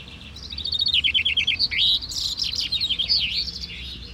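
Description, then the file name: Common chaffinch song: dense, rapid high trills with a falling flourish near two seconds, then busy twittering phrases. "vink kort"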